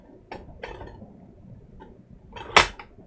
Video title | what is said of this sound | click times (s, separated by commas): Chroma Camera : #darkshedLIVE - S01E13 | in locks into place so when you've got your lens closed at the front you can safely take the slide out | 2.6 s